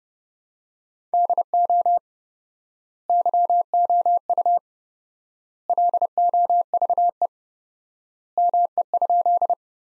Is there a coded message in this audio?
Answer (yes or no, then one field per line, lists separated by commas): yes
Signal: Morse code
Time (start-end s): 1.1-9.5 s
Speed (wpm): 30 wpm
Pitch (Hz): 700 Hz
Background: none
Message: DO YOU LOVE ME?